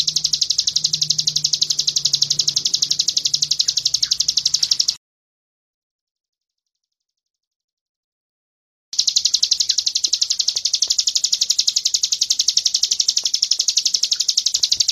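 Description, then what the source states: Bird's rapid high pulsed trill continues for about five seconds, stops for four seconds of silence, then resumes evenly at the same pitch. Masteran recording, meaning a training recording used to tutor songbirds.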